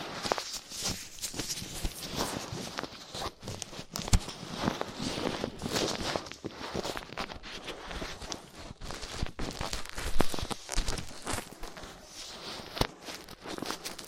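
Ear cleaning with latex gloves, a dental pick and cotton swabs: dense, continuous crackly rubbing and scraping, with frequent sharp clicks and louder bursts throughout.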